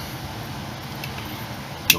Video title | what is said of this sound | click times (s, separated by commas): Magazine Maintenance | have to give a little extra push to pass that give it once you're past it just pop in when you hear a click you're in | 1.9 s